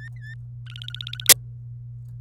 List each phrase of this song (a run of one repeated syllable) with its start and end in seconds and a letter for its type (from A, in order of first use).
0.00-0.34 A, 0.66-1.28 B